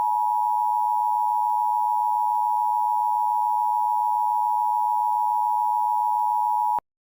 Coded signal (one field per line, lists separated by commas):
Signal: Emergency Alert System (SAME) tones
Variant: 853 and 960 Hz attention tone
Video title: (REUPLOAD) EAS Scenario - The Care Bear Revelation (THIS SUCKS AND IT WILL BE REMASTERED)